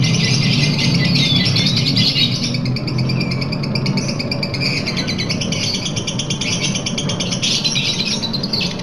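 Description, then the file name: Lovebird delivering a long, unbroken chattering trill of high, scratchy notes over constant low hum. Long trill, a song style known locally as ngekek panjang. "lovebird-ngekek-panjang-1-omkicau"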